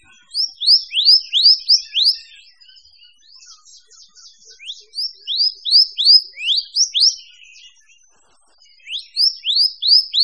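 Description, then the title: Bird song: bursts of bright, sharply rising then falling whistled notes, several in quick succession, with short pauses between bursts and faint higher twitters. Mixed birds. "manuk campur"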